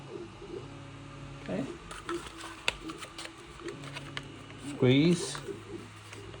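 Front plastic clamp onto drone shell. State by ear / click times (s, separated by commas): not seated / none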